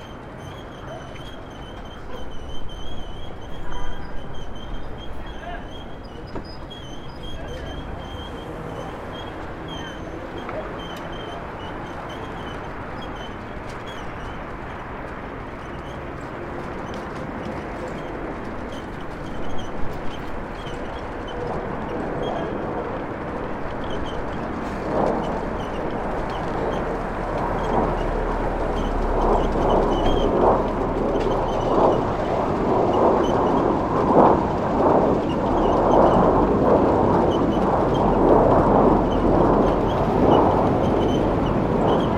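Rooftop street ambience over Starr Street and Irving Avenue in Brooklyn, a dense traffic wash with a low rumble underneath. Thin high tones run through the first half. The mix swells steadily louder from about 25 seconds, with brief bumps near 3 and 20 seconds.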